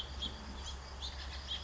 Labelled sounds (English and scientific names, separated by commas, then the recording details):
House Finch (Haemorhous mexicanus)
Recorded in Sonoma County, California